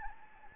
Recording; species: mosquito wingbeat signal from an infrared sensor; Anopheles gambiae